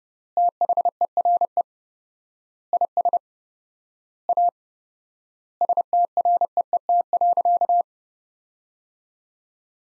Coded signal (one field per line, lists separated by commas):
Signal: Morse code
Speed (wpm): 30 wpm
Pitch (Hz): 700 Hz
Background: none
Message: THERE IS A STREET.